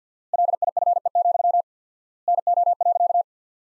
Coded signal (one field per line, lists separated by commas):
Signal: Morse code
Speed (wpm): 50 wpm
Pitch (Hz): 700 Hz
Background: none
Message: LIFE, NO.